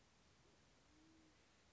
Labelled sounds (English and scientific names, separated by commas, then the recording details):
Band-tailed Pigeon (Patagioenas fasciata)
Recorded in Sonoma County, California